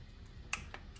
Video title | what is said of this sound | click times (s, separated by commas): How to: BMW E30 Valve Cover Gasket Install | the click we just heard the click | 0.5 s